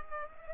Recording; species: mosquito wingbeat signal from an infrared sensor; Culex pipiens